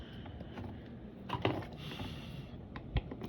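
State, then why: Partly seated. A bearing is pressed into the side plate of a Zebco 888 Made in China spincast fishing reel's metal/plastic body by turning on the handle, with light clicking and handling noise throughout. A sharp snap at 3.0 s is the handle bottoming out, leaving the bearing most of the way in but not fully home, so it still has to be pushed in the rest of the way.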